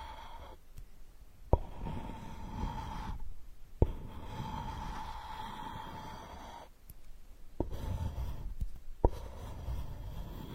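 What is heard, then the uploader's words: Muffled ear digging with a straw: low rubbing and scraping, a faint steady whine, and sharp clicks roughly every two seconds. Unique straw therapy ear digging experience.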